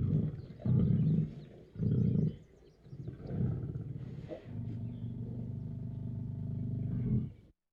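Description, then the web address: Lion roar: two loud, deep bursts, then a rougher grunt and a long, steady low rumble that stops abruptly. Lion in a cage, roaring. "Matthew Kramer. Lion In Cage, Roaring"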